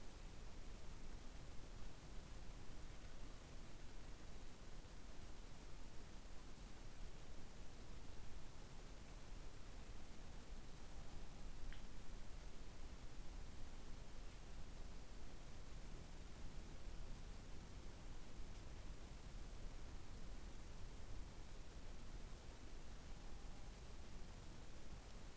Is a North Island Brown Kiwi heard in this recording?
no